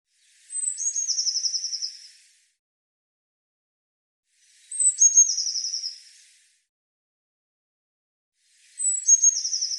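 Eurasian blue tit call: two sharp high falling notes then a dry buzzy churr, repeated three times about four seconds apart, with silence between.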